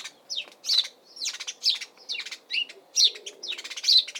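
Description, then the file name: House sparrow chirping, a busy irregular run of sharp chirps. Recorded in spring in Suffolk, UK; chirping calls. "Bird House-Sparrow UKSuffolk Spring Calls Chirp"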